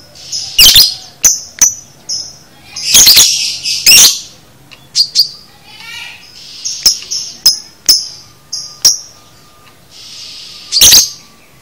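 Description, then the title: Lovebird chattering: loud screechy chirps and clustered squawks, mixed with quick thin twitters and short buzzy notes. Used to train a lovebird to chatter in the "konslet" style. "Masteran Lovebird Konslet"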